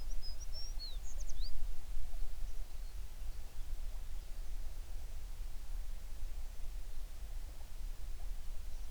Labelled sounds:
songbird
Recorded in the Prudhoe Bay oil fields, Alaska, on 11 June 2019 at 04:30
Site 21

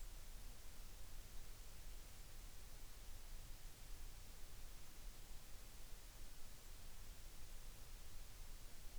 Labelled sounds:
near silence
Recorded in the Arctic National Wildlife Refuge, Alaska, on 3 August 2019
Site 33

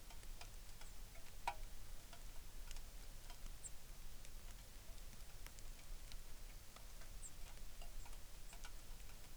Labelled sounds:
songbird
rain
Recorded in the Arctic National Wildlife Refuge, Alaska, on 3 August 2019
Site 33

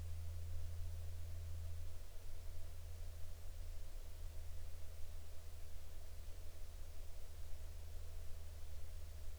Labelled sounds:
aircraft
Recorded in the Arctic National Wildlife Refuge, Alaska, on 7 July 2019 at 01:40
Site 40

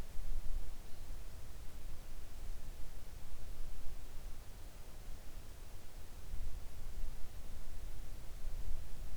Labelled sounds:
near silence
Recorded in the Arctic National Wildlife Refuge, Alaska, on 3 August 2019 at 06:08
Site 41

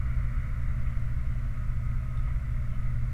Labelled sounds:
songbird
vehicle
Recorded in the Prudhoe Bay oil fields, Alaska, on 29 July 2019 at 03:47
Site 29

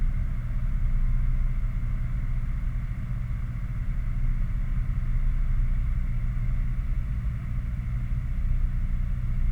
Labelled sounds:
machinery
flare stack
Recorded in the Prudhoe Bay oil fields, Alaska, on 11 August 2019 at 22:49
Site 29

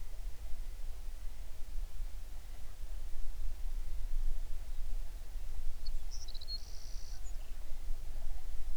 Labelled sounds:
songbird
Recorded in the Prudhoe Bay oil fields, Alaska, on 11 June 2019 at 05:28
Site 21

